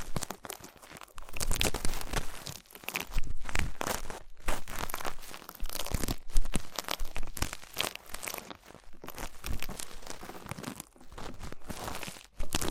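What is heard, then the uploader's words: Crinkly scraping and rustling from ear cleaning. Bursts of bright, papery crackle come in quick irregular runs lasting a second or two, broken by brief near-silent gaps every few seconds. ASMR Twin Ear Cleaning to Put You in a Coma (No Talking).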